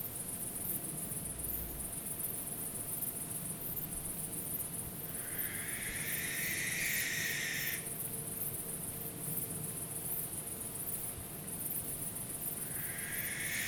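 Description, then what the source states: Barn owl producing a drawn-out rasping hiss lasting over two seconds, followed by the start of another, against continuous high-pitched insect chirring. Recorded 12 August 2014.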